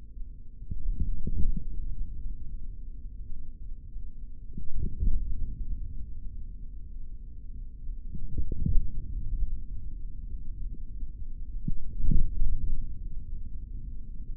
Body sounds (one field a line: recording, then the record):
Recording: forearm muscle sounds (acoustic myography)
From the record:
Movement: forearm pronation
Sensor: system 3, bracelet of six PUI Audio POM-2738L microphones around the upper forearm, with dedicated amplification and filtering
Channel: 3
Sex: male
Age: 23 years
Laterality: right